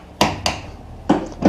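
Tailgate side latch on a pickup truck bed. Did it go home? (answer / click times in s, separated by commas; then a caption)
no / none. The steel tailgate of a 2004 Chevrolet Silverado 2500HD pickup is swung shut repeatedly against the bed, giving four sharp metallic knocks at about 0.2, 0.5, 1.1 and 1.5 seconds. The latch on one side fails to catch, so the gate only knocks against its stops and nothing has latched or clicked yet.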